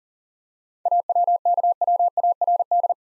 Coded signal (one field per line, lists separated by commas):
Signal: Morse code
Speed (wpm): 42 wpm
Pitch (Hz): 700 Hz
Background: none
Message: AWKWARD